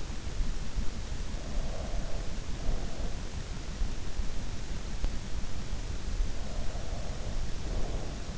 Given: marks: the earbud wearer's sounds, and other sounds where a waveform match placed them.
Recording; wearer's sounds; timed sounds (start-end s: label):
sounds in sleep by an in-ear microphone; breath
1.30-3.35 s: breath
6.21-8.38 s: breath